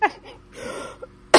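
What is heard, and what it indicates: Two brief harsh bursts from an adult woman, a throat clear then a short cough, during an illness with a gravelly voice and severe, prolonged coughing through the night.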